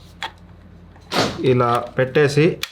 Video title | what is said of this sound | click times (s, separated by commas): Is the Shark FlexBreeze Fan Worth It? | ఇలా అంటే lock అయిపోతుంది దట్స్ ఇట్ లాక్ అయిపోయింది | 0.2 s